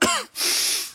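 Two quick cough bursts in under a second from an adult with the flu: the first is voiced with a groaning, falling pitch, the second a harsh, breathy rush of air after a brief pause. The cough sounds horrible. It is an acted cough.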